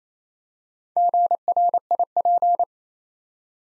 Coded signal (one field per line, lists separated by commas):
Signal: Morse code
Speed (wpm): 28 wpm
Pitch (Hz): 700 Hz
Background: none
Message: GRIP